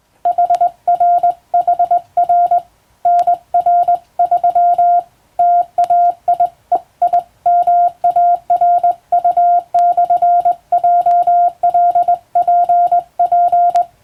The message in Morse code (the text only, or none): HRHR NR3 TAIEIMARU/JLPP